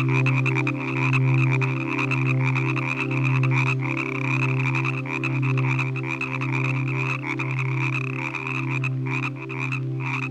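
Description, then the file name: Deep frog croaks repeated in even pulses about once a second, with a bright, continuous trilling above. "Nature Collection - Croak Frog Calls"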